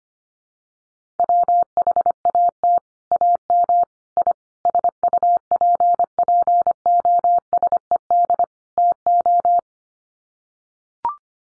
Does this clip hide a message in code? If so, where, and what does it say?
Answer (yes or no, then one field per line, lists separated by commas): yes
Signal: Morse code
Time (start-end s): 1.2-9.6 s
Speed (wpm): 25 wpm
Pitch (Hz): 700 Hz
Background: none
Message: WHAT AM I SUPPOSED TO